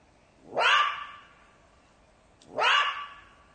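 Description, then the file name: Jackal yelping calls, two loud cries that each start with a sharp rising yelp and trail into a steady, drawn-out whine, about two seconds apart. "zvuki shakala"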